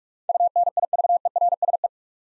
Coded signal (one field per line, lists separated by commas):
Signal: Morse code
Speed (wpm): 46 wpm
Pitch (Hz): 700 Hz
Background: none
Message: UNIVERSE